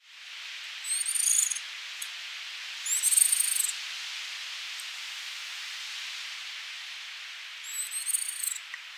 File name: Falco columbarius - Merlin